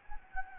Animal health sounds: mosquito wingbeat signal from an infrared sensor; Anopheles gambiae

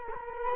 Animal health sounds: mosquito wingbeat signal from an infrared sensor; Culex quinquefasciatus

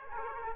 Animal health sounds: mosquito wingbeat signal from an infrared sensor; Aedes aegypti

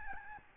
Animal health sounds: mosquito wingbeat signal from an infrared sensor; Aedes albopictus

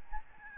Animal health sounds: mosquito wingbeat signal from an infrared sensor; Aedes albopictus

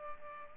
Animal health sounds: mosquito wingbeat signal from an infrared sensor; Culex pipiens

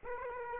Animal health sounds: mosquito wingbeat signal from an infrared sensor; Aedes aegypti

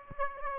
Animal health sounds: mosquito wingbeat signal from an infrared sensor; Aedes aegypti

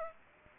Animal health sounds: mosquito wingbeat signal from an infrared sensor; Aedes aegypti

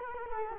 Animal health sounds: mosquito wingbeat signal from an infrared sensor; Culex quinquefasciatus

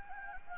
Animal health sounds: mosquito wingbeat signal from an infrared sensor; Anopheles gambiae

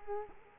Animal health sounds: mosquito wingbeat signal from an infrared sensor; Culex quinquefasciatus

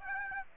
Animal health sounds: mosquito wingbeat signal from an infrared sensor; Aedes aegypti

